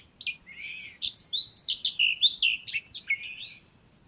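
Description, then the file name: Eurasian blackcap song, a rapid run of varied warbled and whistled notes lasting about three seconds, no other clear sounds. "Sylvia atricapilla"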